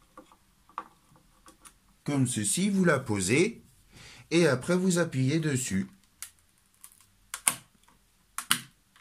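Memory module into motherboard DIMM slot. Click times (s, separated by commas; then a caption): 7.5 s, 8.5 s. A memory module is laid into a DIMM slot on an MSI MPG Z390 Gaming EDGE AC motherboard and pressed down, with someone talking in between. Sharp plastic clicks ring out at 7.5 s and 8.5 s as the retention clips snap shut and the module seats.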